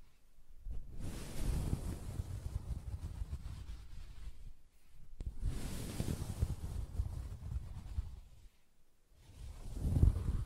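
Soft fabric scratched in long rubbing strokes, a dense low rustle rising and fading in swells, with a brief sharper thump near the end.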